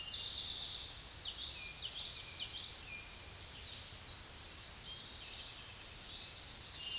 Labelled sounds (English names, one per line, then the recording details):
Common Yellowthroat song
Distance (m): 55 m
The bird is about 20 m above the microphone
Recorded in a Pennsylvania forest on 16 May 2024 at 06:39
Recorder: AudioMoth, point MSD-1035
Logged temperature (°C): 16.3 °C
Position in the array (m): 238 m, 173 m